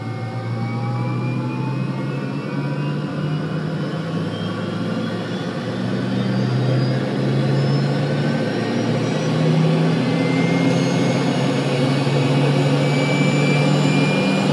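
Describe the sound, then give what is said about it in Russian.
A steady, powerful roar of dropship engines, with a low droning hum and rising whine tones that slowly climb in pitch, as the craft lift off into the air and fly east in sustained flight with their lights blacked out. No voices. “Через 5 минут дисковые поднялись в воздух и, соблюдая светомаскировку, полетели на восток.”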